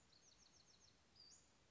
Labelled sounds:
Western Flycatcher (Empidonax difficilis)
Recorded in Sonoma County, California

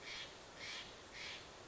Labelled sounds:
Steller's Jay (Cyanocitta stelleri)
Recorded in Sonoma County, California

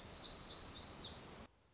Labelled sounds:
Black-throated Gray Warbler (Setophaga nigrescens)
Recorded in Sonoma County, California

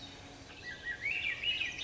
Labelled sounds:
Swainson's Thrush (Catharus ustulatus)
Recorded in Sonoma County, California

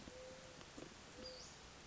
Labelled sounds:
Western Flycatcher (Empidonax difficilis)
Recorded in Sonoma County, California

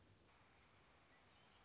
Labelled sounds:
American Robin (Turdus migratorius)
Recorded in Sonoma County, California

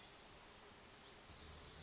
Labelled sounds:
Hermit Thrush (Catharus guttatus)
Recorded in Sonoma County, California

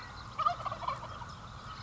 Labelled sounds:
Wild Turkey (Meleagris gallopavo)
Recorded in Sonoma County, California

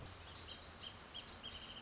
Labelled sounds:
Wrentit (Chamaea fasciata)
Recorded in Sonoma County, California

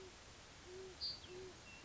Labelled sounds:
Great Horned Owl (Bubo virginianus)
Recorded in Sonoma County, California

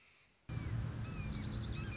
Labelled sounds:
Red-shouldered Hawk (Buteo lineatus)
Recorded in Sonoma County, California

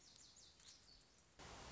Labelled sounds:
Lazuli Bunting (Passerina amoena)
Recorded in Sonoma County, California

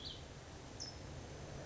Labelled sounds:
California Towhee (Melozone crissalis)
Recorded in Sonoma County, California

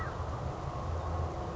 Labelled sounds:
American Crow (Corvus brachyrhynchos)
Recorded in Sonoma County, California

